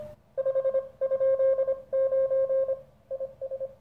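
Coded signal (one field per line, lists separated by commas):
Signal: Morse code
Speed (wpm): 26 wpm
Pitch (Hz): 530 Hz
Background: none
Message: 5?9 IS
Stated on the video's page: Single-band CW transceiver, the Weber Soda Pop kit radio, used for on-air contacts.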